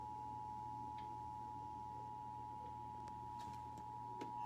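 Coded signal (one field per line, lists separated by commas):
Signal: Emergency Alert System (SAME) tones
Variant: 853 and 960 Hz attention tone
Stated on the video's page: AMBER Alert relayed on Spectrum cable TV, played ten minutes after the original broadcast.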